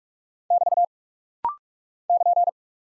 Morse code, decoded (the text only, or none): <BT> <KN>